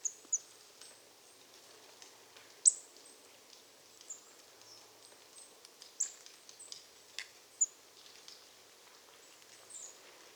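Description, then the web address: Marsh tit calls: thin, very high, short notes and quick downslurs scattered irregularly throughout, a few louder, over a soft steady background hiss. "SETE data Poecile palustris"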